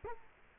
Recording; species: mosquito wingbeat signal from an infrared sensor; Culex quinquefasciatus